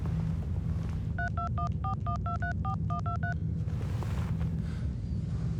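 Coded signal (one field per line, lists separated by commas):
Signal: DTMF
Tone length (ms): 110 ms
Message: 32141234123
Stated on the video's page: DTMF tones in a thriller feature film.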